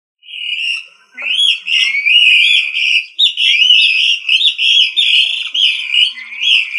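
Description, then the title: Rail calls: after one opening note, a run of loud, wavering whistled notes, high and bright, with slight pitch swings, continuing almost without break. "LuckyFamilia RallidaeFrangoSama"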